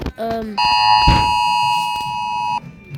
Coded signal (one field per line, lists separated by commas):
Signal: Emergency Alert System (SAME) tones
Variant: 853 and 960 Hz attention tone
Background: speech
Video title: Ranking 3 contry eas alarm